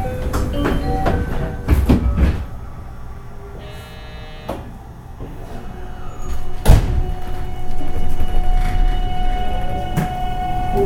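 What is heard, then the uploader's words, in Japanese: Running sound of a 207 series train on a local service, with a steady low rumble, sharp clunks near 2 and 6.7 seconds, and sustained motor tones. JR207系 尼崎から住吉まで。JR西日本 207系電車の走行音です。JR神戸線の普通列車にて収録しました。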